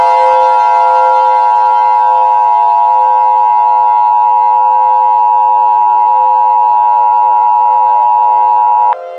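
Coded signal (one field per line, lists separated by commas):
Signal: Emergency Alert System (SAME) tones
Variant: 853 and 960 Hz attention tone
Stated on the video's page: Fictional EAS scenario, not a real alert.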